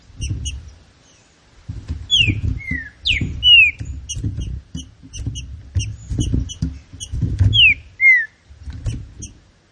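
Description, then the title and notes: Green-winged saltator singing short whistled phrases that swoop down, heard twice, with steady low thuds and soft ticking throughout. Classic song style (canto clássico), used for training birds. "Canto Clássico Trinca Ferro TREINAMENTO. trinca fero"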